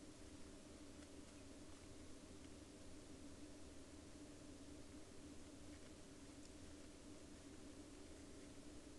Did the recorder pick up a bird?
no